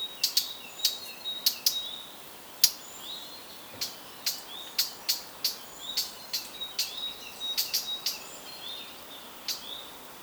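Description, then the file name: Eurasian blackcap calls: sharp, hard clicking notes repeated irregularly, with soft high warbling behind them. "Sylvia atricapilla"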